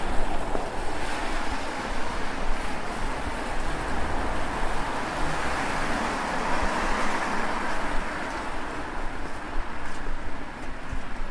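Rain falls in a steady, dense patter, a constant hiss of drops with fine crackling texture across the whole clip. Beneath it runs a low rumble of city traffic, swelling slightly around the middle, with no distinct events standing out.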